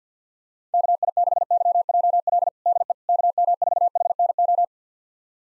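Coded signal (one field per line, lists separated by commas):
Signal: Morse code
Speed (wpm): 50 wpm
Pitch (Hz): 700 Hz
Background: none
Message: KI6YJL DE KM4HNO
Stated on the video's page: Morse drill of 6-character call sign pairs at 50 wpm, each sent, spoken, then sent again.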